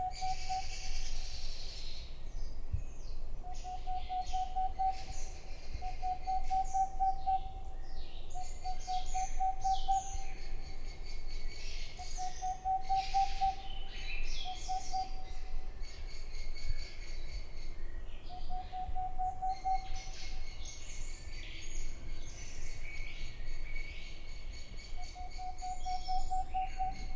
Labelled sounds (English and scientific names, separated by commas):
Boreal Owl (Aegolius funereus)